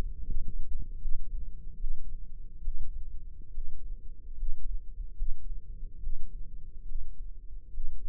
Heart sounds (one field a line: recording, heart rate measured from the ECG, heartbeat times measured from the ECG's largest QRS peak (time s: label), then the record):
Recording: heart sounds by microphone in the left ear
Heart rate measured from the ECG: 72 bpm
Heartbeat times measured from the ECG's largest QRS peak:
0.22 s: heartbeat
0.98 s: heartbeat
1.77 s: heartbeat
2.61 s: heartbeat
3.51 s: heartbeat
4.35 s: heartbeat
5.15 s: heartbeat
5.99 s: heartbeat
6.84 s: heartbeat
7.70 s: heartbeat
From the record:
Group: healthy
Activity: rest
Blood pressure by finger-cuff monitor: 132/75 mmHg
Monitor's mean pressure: 93 mmHg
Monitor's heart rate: 73 bpm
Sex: female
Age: 22 years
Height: 171 cm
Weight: 65.6 kg